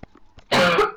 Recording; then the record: coughing mixed with background sound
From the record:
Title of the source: Barking cough - # 10